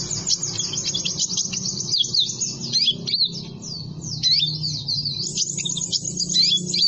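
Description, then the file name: Sunbird song: rapid, high thin chirps and twittering notes tumbling over each other without pause, over a steady low hum. Sunbird sound intended for luring birds and provoking them to call. "suara burung madu untuk memancing bunyi"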